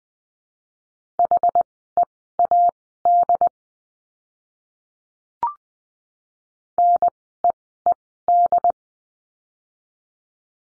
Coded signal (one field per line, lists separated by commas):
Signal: Morse code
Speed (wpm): 20 wpm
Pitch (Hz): 700 Hz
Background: none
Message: HEAD NEED